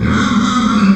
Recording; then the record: squeal of a Yucatan mini pig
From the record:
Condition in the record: after surgery on the right vocal fold (resection and tissue-engineered implant); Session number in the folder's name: 13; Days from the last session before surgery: 113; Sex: female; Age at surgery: 19 weeks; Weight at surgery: 25 kg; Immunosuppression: prednisolone